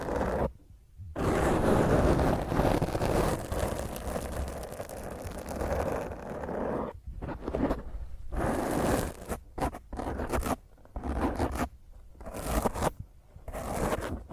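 Rough, intense scratching of fingernails across a microphone, a dense rasping that runs almost unbroken for the first seven seconds after a brief gap near one second. Later it breaks into shorter strokes separated by sudden silences, with a heavy low rumble throughout.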